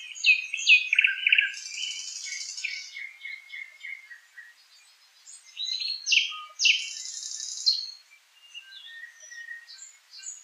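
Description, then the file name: Nightingale song, a fast mix of sharp chirps, rattling trills and high buzzy notes in changing phrases separated by brief silences. "solovei"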